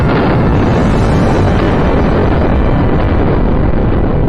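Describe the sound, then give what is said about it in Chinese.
A hydrogen bomb, dropped by parachute and detonated in the air, explodes with a deep, roaring rumble that fills the whole stretch, loud and unbroken, heavy in the low end with a rough, turbulent texture and no voices. “氢弹爆炸成功了，爆炸成功了！ 轰隆的巨响下，人们从指挥部隐秘的战壕里跳出来欢呼，一阵强风带着热浪迎面扑来，有的人几乎被吹倒”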